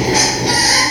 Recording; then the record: squeal of a Yucatan mini pig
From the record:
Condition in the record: before surgery on the right vocal fold (resection and tissue-engineered implant); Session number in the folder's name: 2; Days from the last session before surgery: 0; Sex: male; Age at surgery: 12 weeks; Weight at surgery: 13 kg